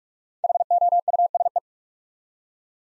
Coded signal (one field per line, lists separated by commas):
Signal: Morse code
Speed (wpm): 44 wpm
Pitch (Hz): 700 Hz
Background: none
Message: HOUSE